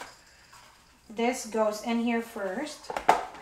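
A plastic accessory piece of an Infantino Music & Lights 3-in-1 Discovery Seat and Booster Seat is being handled as it is brought to its slot on the plastic seat body, while someone talks from about 1.1 s. A few sharp plastic handling knocks come near 3.0 to 3.4 s, but nothing has seated or clicked yet.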